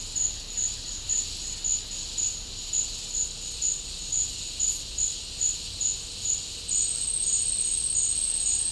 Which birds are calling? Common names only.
none